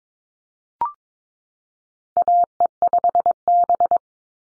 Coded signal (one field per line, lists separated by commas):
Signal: Morse code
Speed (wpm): 22 wpm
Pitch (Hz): 700 Hz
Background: none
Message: AE5B